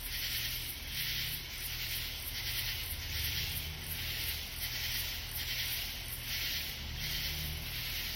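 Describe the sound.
Katydid raspy calls pulsing in regular bursts, with background hiss and a low rumble underneath.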